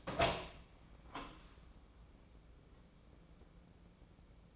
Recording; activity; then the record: daily activity, microphone in the room; open door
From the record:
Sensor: 1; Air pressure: 1012.3 hPa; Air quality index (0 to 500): 164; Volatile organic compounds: 3 ppm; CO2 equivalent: 1346 ppm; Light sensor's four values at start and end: 836/1839/851/986 and 832/1826/846/979